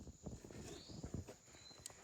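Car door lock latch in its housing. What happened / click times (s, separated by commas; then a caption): The door latch catches / 1.9 s. A car door lock latch in its housing is pressed down from above by a helper amid low thumps and handling noise, and the latch catches with a sharp click at 1.9 s. The lock is seated, and someone talks.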